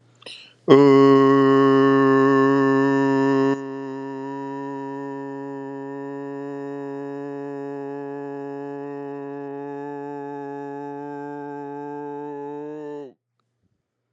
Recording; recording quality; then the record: sustained vowel as in boot; excellent, no background noise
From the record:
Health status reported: exposed to COVID-19, no respiratory illness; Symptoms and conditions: cold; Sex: male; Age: 47 years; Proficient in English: yes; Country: United States